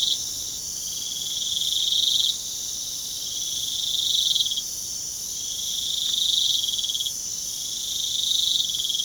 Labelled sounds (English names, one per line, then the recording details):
none
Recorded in pastures near Puerto Asís, Putumayo, Colombia, on 27 June 2025 at 01:00
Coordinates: 0.497, -76.327
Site G040